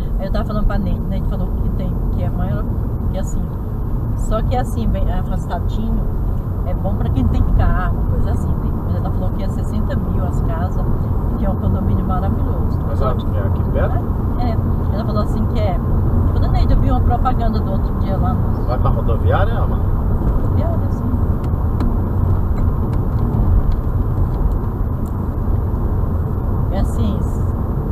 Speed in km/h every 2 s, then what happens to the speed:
59, 63, 66, 70, 74, 77, 80, 84, 86, 85, 83, 81, 81, 81.
0-16 speeds up to 86. 16-28 steady at about 81.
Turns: none.